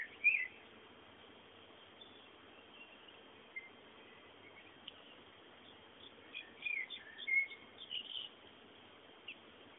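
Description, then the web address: Birds chirping, with short high whistled and twittering notes scattered throughout, clustering toward the end over a steady background hiss. "bullas Bullasdata sounds fondo pajaros"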